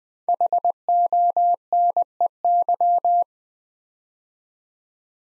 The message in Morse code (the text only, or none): HONEY